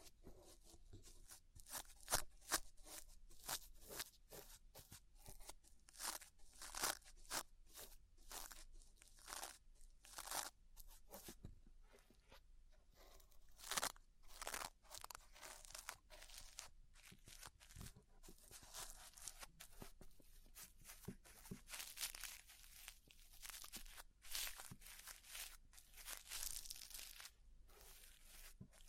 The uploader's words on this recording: ASMR Deep Ear Cleaning Session. (No Talking).